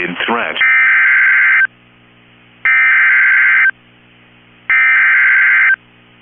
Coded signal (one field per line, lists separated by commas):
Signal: Emergency Alert System (SAME) tones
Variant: header bursts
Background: speech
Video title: EAS #1,889 Online NOAA Weather Radio Severe T’storm Warning #4 5/15/25